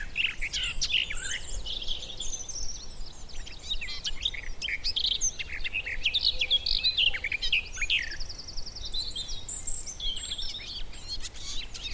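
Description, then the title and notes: Garden warbler song, a fast run of mellow, jumbled warbled notes, including a short buzzy repeated trill. Male garden warbler, a migrant, singing a fluted, rather frenetic song in spring on a scrubby hillside with hawthorns in bloom; recorded by Fergus Collins. "Sound escape 65: be enchanted by the little-known song of the garden warbler. the scrubby hillside hawthorns burst into bloom. a male garden warbler into his fluted song. Recorded by Fergus Collins"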